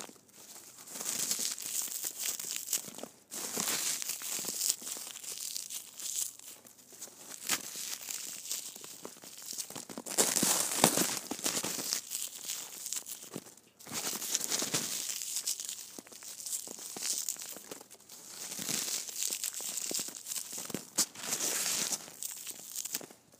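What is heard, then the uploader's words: Foam balls are squeezed and squished in a steady run of crinkly, crackling rustles, bright and hissy in the upper range. The squishing comes in dense bursts of a few seconds each, with brief pauses near 3, 10 and 14 seconds. ASMR Foam Balls Squishing.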